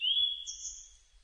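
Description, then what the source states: Blue-and-white flycatcher giving a short rising whistle that fades into a thin, buzzy high note. Recorded 25 June 2006.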